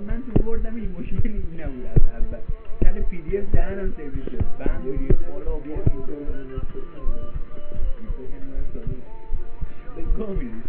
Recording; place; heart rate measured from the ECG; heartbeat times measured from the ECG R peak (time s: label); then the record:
heart sounds by stethoscope; between the tricuspid and mitral areas; 76 bpm
0.53 s: heartbeat
1.34 s: heartbeat
2.17 s: heartbeat
2.96 s: heartbeat
3.82 s: heartbeat
4.64 s: heartbeat
5.44 s: heartbeat
6.25 s: heartbeat
7.03 s: heartbeat
7.78 s: heartbeat
8.54 s: heartbeat
9.29 s: heartbeat
10.04 s: heartbeat
From the record:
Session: rest, lying down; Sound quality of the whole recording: partially saturated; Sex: male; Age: 27 years